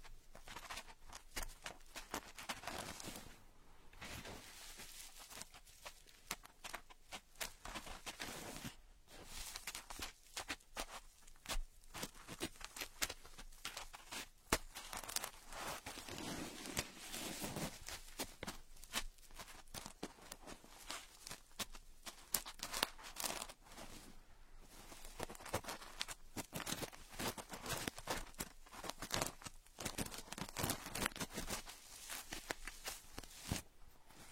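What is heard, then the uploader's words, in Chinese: Ear picking: a dense, crackling scratch that rustles almost without pause for the whole stretch, bright and gritty like crinkling paper. Brief silent gaps break it near 4, 9 and 24 seconds, and the loudness rises and falls in irregular bursts. 抠耳朵催眠。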